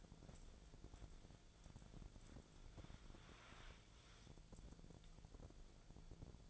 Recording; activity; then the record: daily activity, microphone in the room; wipe stove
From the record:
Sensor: 5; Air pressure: 1000.6 hPa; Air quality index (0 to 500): 164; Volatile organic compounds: 2 ppm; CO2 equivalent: 1254 ppm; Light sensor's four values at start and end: 48/101/46/52 and 48/101/46/52